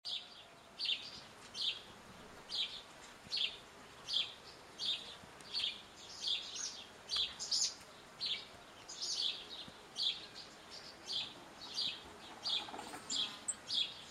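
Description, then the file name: House sparrow giving a steady run of loud, bright chirps, roughly one or two per second. "Passer domesticus"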